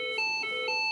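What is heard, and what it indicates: Steady high electronic alert tones shifting in pitch: an automated external defibrillator signalling, after its rhythm analysis and warning not to touch the patient, that the flashing shock button should be pressed.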